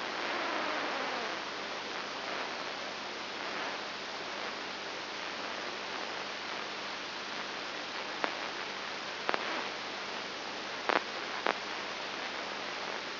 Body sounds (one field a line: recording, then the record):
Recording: brain microelectrode recording played as sound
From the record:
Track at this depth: inside the subthalamic nucleus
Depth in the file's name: 4.102 mm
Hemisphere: left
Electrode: 3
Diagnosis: Parkinson's disease